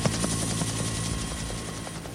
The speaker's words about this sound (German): Ein Hubschrauber kommt. Oh nein! Nein, nein, bitte nicht schon wieder! Ruhig, der wird schon nicht explodieren.